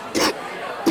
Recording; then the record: coughing mixed with background sound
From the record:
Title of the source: 60 coughing still (deep and wet cough)